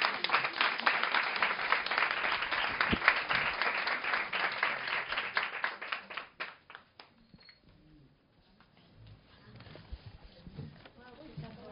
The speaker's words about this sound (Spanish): Un aplausote para vos.